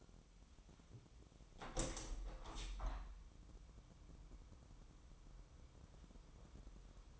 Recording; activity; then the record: daily activity, microphone in the room; open window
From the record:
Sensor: 1